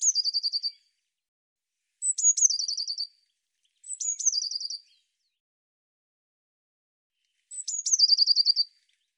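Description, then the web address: Bird song in four bursts, each a sharp high whistle dropping into a rapid buzzy trill, separated by short and longer gaps. "cianscape birddata Deverinetal 2025 File cleaned normalized Bird Cy Ca"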